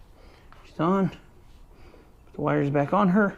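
Ignition wire boots are being put back onto the spark plugs of a 2016 Harley Davidson Dyna motorcycle during maintenance. Someone talks over quiet handling, with one faint tick near 0.5 s. Nothing has seated or clicked yet; the clip ends just before the boots pop on.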